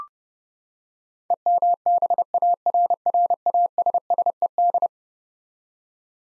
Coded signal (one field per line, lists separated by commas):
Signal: Morse code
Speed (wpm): 32 wpm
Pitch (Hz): 700 Hz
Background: none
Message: EMBARRASSED